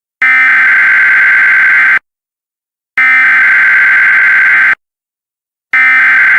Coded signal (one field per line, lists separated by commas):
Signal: Emergency Alert System (SAME) tones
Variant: header bursts